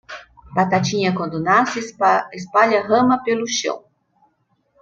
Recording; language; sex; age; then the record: short text; Brazilian Portuguese; female; 50 to 59 years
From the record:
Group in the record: control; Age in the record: 52 years